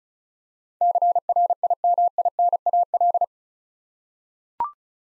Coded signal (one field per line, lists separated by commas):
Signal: Morse code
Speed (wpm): 36 wpm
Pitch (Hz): 700 Hz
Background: none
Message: CRIMINAL